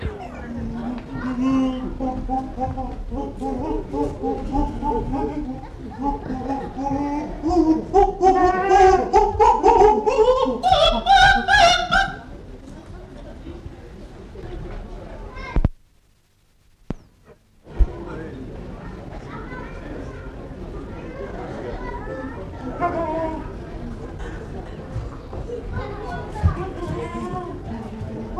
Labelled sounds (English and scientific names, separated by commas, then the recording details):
Chimpanzee (Pan troglodytes)
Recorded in captivity
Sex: diverse
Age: juvenile
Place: Tierpark Berlin, Berlin, DE
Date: 1960-09-14 11:30
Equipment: Reporter (Vollspur), Abstand ca. 10 m
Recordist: Tembrock, Günter
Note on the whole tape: Halbwüchsige (Toto und Kata) wurden aus Schloß allein in Käfig gebracht, Susi (Altweibchen) zurückgelassen. Toto fing an zu rufen, kurz (dunkler) auch Weibchen. Bei Rufreihen Begattungsverhalten, dann Susi dazu